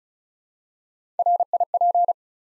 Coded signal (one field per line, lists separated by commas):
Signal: Morse code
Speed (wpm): 36 wpm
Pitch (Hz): 700 Hz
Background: none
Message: RIP